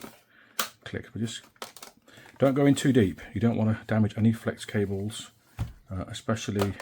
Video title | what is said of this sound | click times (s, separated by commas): TomTom GO 6000 Not Charging Repair | Hear those clicks? That's what you want to hear. Those satisfying clicks. | 0.6 s